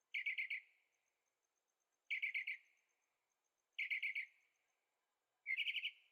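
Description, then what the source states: Bird song: bursts of four or five rapid chirped notes near mid-high pitch, repeated roughly every one and a half to two seconds, with silence between. Birds singing at night in Carefree, Arizona; recorded in stereo on a Zoom H6.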